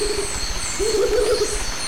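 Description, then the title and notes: Rufous motmot giving two low, hollow hoots, the second longer and tremulous, over a steady insect drone. Duet; recorded 1998 near Lake Arenal dam, forest edge at dawn; crickets and forest ambience in background. "Dúo de Baryphthengus martii (Pájaro Bobo). Grabado en 1998 cerca de la represa del lago Arenal"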